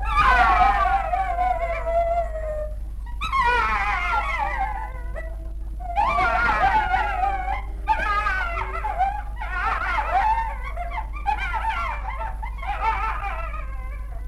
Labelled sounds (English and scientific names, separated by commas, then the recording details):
African Golden Wolf (Canis anthus)
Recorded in captivity
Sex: pair
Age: adult
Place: Zoo Berlin, Berlin, DE
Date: 1961-05-13 14:00
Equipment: Minifon, Kopie Smaragd
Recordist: Tembrock, Günter